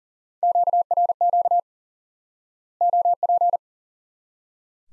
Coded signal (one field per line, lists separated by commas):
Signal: Morse code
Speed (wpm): 40 wpm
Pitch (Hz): 700 Hz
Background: none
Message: QRQ OP